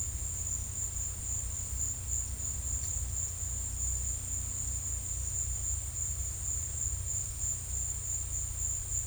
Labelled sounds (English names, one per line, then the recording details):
none
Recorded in pastures near Puerto Asís, Putumayo, Colombia, on 16 December 2024 at 13:00
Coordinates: 0.472, -76.329
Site G072